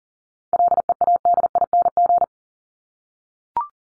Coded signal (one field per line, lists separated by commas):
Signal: Morse code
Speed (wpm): 40 wpm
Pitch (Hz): 700 Hz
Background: none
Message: LEADING